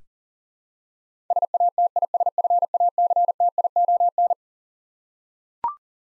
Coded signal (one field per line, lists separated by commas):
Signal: Morse code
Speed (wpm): 40 wpm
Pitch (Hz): 700 Hz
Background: none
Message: SATISFACTION